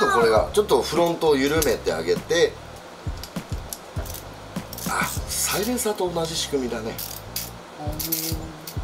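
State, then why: Not seated. The front Oppressor silencer-style device on the muzzle of an E&C STRIKE Oppressor PDW7 full-metal electric airsoft rifle with red accents is being handled onto the flash hider, where it is meant to lock. Someone talks while short metallic clinks sound around 3.2–4.8 seconds and again at 8.7 seconds. Nothing has seated or locked yet.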